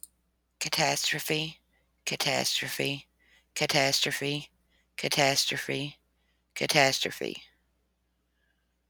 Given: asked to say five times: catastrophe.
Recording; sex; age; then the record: repeated word; female; 40 to 49 years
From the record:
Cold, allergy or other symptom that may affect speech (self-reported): no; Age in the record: 42 years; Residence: Tennessee, United States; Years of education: 12